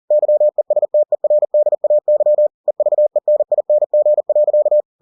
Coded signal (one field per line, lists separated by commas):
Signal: Morse code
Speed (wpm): 40 wpm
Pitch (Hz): 600 Hz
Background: none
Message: YESTERDAY EVENING.